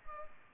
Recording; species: mosquito wingbeat signal from an infrared sensor; Culex pipiens